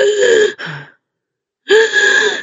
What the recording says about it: A high-pitched type of breathing, what we call stridor, this is a classic finding for laryngeal paralysis. If your dog is chasing a ball and all of a sudden they start breathing like this, or gradually they're breathing like this that is most likely laryngeal paralysis.